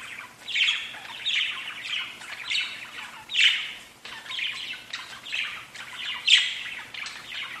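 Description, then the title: Budgerigar calls, scratchy warbled bursts with loud squeaks at intervals of a few seconds. "Budgie Sounds"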